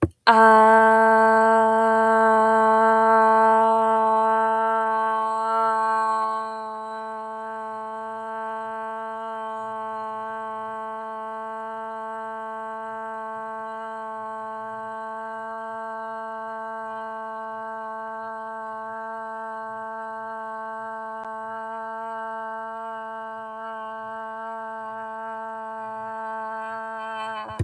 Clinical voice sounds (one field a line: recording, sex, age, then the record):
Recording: vowel held as long as possible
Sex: female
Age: 30 to 39 years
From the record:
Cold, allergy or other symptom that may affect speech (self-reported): no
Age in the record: 35 years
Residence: Illinois, United States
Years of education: 22